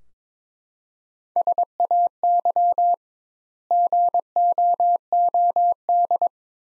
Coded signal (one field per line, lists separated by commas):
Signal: Morse code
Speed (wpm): 22 wpm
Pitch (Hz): 700 Hz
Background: none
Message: SAY GOOD